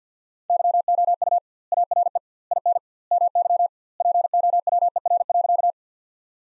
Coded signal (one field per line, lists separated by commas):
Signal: Morse code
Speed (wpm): 50 wpm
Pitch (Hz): 700 Hz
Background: none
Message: YOU ARE IN MY POWER.